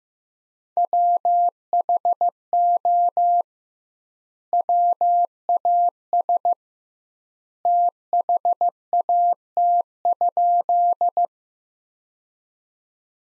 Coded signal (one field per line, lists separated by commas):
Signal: Morse code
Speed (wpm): 15 wpm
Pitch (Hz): 700 Hz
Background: none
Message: WHO WAS THAT?